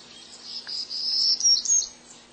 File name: Townsend's Warbler